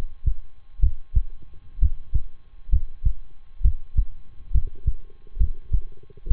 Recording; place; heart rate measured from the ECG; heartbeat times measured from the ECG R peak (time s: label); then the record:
heart sounds by stethoscope; between the tricuspid and mitral areas; 66 bpm
0.79 s: heartbeat
1.78 s: heartbeat
2.69 s: heartbeat
3.61 s: heartbeat
4.51 s: heartbeat
5.37 s: heartbeat
6.27 s: heartbeat
From the record:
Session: rest, lying down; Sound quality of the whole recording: good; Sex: male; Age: 23 years